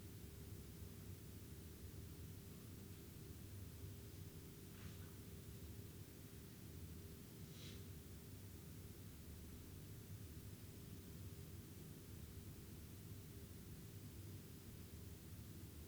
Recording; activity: daily activity, guitar pickup as the sensor; lie down